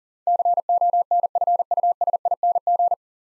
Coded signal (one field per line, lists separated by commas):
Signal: Morse code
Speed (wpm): 40 wpm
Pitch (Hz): 700 Hz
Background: none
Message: CONFUSING